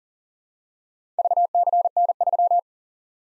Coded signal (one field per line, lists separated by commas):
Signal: Morse code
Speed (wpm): 40 wpm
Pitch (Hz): 700 Hz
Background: none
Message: VCN3